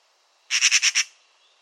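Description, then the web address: Eurasian magpie chatter: a quick run of five harsh, rasping notes, evenly spaced, lasting about half a second. "Deverinetal 2025 File origin Bird Only"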